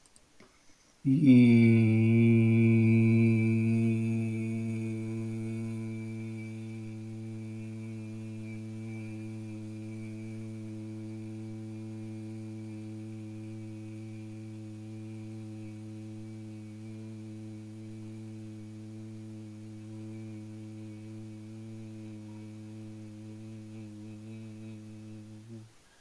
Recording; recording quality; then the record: sustained vowel as in beet; moderate, slight background noise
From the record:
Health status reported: healthy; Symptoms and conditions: none ticked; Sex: male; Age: 38 years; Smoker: not ticked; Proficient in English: yes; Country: India